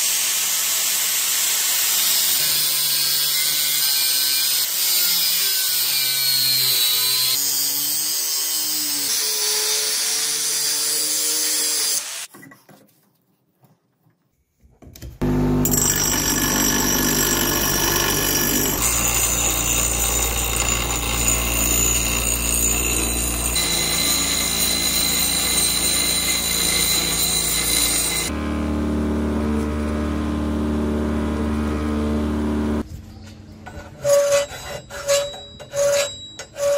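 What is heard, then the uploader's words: Metalwork on a rusty hook, with loud, dense rasping and grinding over steady tones that waver through the first twelve seconds. After a short silence it returns louder, with a deep low drone shifting every few seconds, then choppy bursts near the end. Forging POSEIDON'S TRIDENT Out of Rusty Hook.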